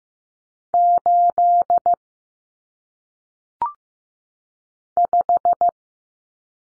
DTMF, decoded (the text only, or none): none